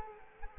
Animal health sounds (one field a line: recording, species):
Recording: mosquito wingbeat signal from an infrared sensor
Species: Culex quinquefasciatus